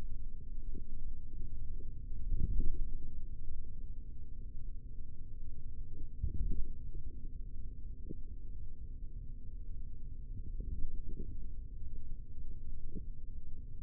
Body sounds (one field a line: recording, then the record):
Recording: forearm muscle sounds (acoustic myography)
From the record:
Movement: finger pinch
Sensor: system 3, bracelet of six PUI Audio POM-2738L microphones around the upper forearm, with dedicated amplification and filtering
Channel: 6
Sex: male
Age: 43 years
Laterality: right